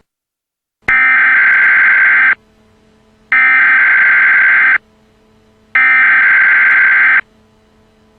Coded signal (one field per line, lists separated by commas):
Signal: Emergency Alert System (SAME) tones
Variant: header bursts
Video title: EAS Alert: Missile crisis in lylat